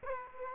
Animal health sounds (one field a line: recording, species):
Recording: mosquito wingbeat signal from an infrared sensor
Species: Culex quinquefasciatus